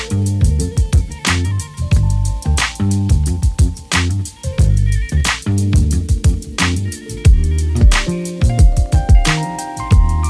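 A steady instrumental groove with deep, punchy bass notes and sustained melodic tones. Sharp, bright drum hits land at a regular pulse, roughly every second or so, with busier fills near the middle and end. The loudness stays even throughout.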